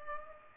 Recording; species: mosquito wingbeat signal from an infrared sensor; Culex pipiens